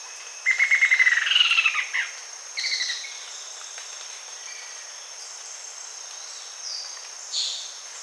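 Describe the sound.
Bird calling with a rapid run of buzzy repeated notes that rise slightly, then a few higher chirps, followed by faint scattered calls over a steady high hiss.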